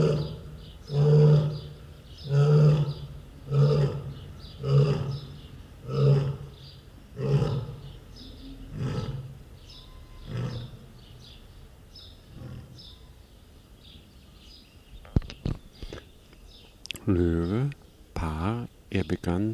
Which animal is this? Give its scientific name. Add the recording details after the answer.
Panthera leo. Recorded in captivity. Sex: pair. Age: adult. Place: Zoo Halle, Sachsen-Anhalt, DE. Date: 1969-07-05. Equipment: Uher 4200 Report Stereo, Sennheiser MD 421. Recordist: Tembrock, Günter